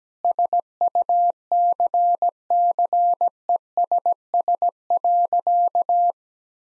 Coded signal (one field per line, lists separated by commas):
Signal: Morse code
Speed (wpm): 17 wpm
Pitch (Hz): 700 Hz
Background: none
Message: SUCCESS.